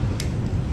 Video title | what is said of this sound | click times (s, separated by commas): Menjaga Kesehatan dari Rumah - Strip Test untuk Cek Kolesterol - SP Kelompok 8CD Praktikum SSIO | sampai ada bunyi tek. | 0.2 s